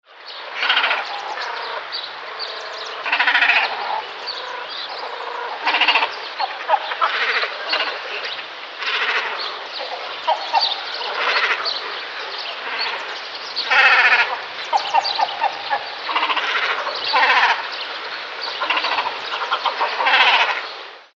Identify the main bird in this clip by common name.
Great Cormorant